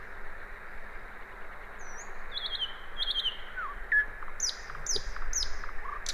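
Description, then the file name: Common nightingale song phrases: a high whistle, buzzy rattling notes, a short descending slur, then several sharp high notes, over steady background hiss. "Luscinia megarhynchos"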